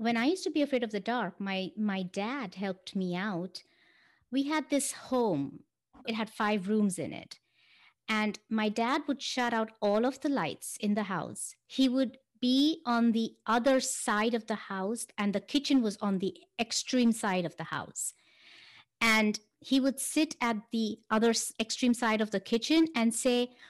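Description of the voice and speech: A single adult woman speaks fluently in a clear, steady mid-pitched voice, telling a personal story at an easy conversational pace with natural pauses. Articulation and voice quality sound ordinary, with no hoarseness, slurring or stuttering.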